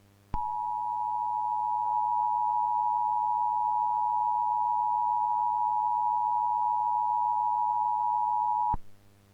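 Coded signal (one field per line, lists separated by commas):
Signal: Emergency Alert System (SAME) tones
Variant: 853 and 960 Hz attention tone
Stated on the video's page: Fictional EAS scenario of a sandstorm in Phoenix, not a real alert.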